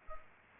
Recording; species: mosquito wingbeat signal from an infrared sensor; Culex pipiens